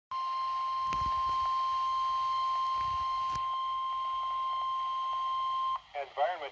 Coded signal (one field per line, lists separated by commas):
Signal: Emergency Alert System (SAME) tones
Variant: 1050 Hz attention tone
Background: speech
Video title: (EAS #109) STORM SURGE WARNING - HURRICANE TEDDY 9/21/2020